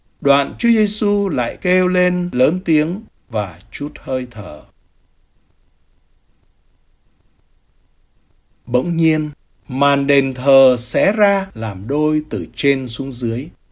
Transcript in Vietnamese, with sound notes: Ðoạn Chúa Giêsu lại kêu lên lớn tiếng và trút hơi thở. (Thinh lặng trong giây lát) Bỗng nhiên màn đền thờ xé ra làm đôi từ trên xuống dưới,